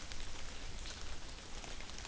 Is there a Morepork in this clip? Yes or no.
no